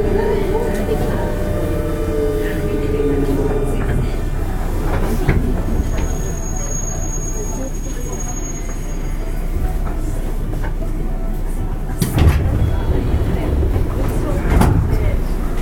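Running noise of a JR West 201 series train on the Osaka Loop Line: a dense, steady low rumble with a faint whine that slides downward early on. A thin high tone sounds from about six to nine seconds, and knocks of the wheels come near twelve and fourteen seconds.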